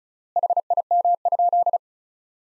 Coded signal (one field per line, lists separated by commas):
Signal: Morse code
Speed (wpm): 36 wpm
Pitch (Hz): 700 Hz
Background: none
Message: HIM?